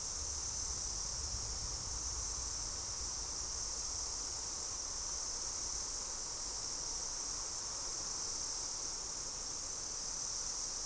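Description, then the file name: Steady high-pitched insect buzzing runs without a break from start to finish, accompanied by a faint low rumble. "mainly insect"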